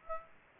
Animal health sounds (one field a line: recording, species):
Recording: mosquito wingbeat signal from an infrared sensor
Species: Aedes aegypti